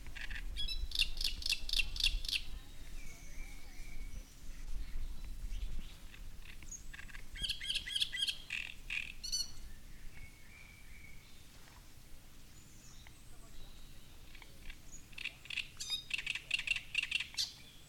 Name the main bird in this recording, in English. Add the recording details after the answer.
Great Reed Warbler. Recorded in the wild. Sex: male. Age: adult. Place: Müggelsee, Berlin, DE. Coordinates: 52.43, 13.64. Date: 1990-05-19 19:05. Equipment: Uher 4400 Report Monitor, Sennheiser ME 80, K 30 AV. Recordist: Fischer, Stefan